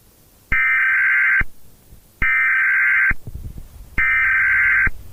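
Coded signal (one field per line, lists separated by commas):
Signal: Emergency Alert System (SAME) tones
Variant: header bursts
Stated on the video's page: Fictional simulated nuclear war EAS scenario, not a real alert.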